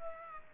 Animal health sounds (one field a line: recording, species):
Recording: mosquito wingbeat signal from an infrared sensor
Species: Aedes aegypti